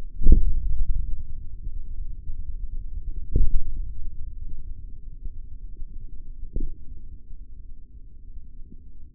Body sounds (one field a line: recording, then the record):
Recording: forearm muscle sounds (acoustic myography)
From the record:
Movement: hand opening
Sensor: system 3, bracelet of six PUI Audio POM-2738L microphones around the upper forearm, with dedicated amplification and filtering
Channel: 6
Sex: male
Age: 25 years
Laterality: right